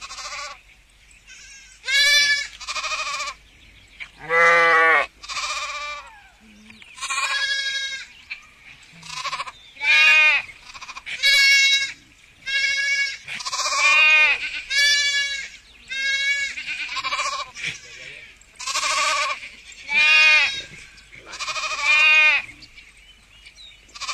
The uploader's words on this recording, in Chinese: 3D音效 绵羊咩咩咩。